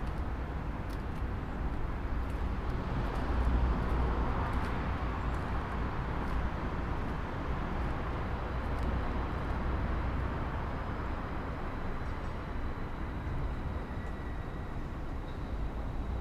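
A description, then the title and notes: A Dutch city square fills with a steady, dense rumble of traffic, heavy in the low end and unbroken for the whole stretch. Faint clicks and taps flick through now and then, and a thin high tone appears briefly near the end. Field recordings and lovely sounds from a Dutch city square.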